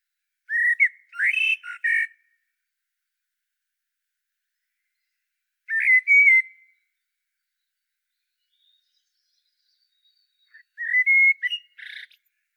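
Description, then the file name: Common blackbird singing three separate phrases of mellow fluted warbling, with about four seconds of silence between them. "Turdus merula"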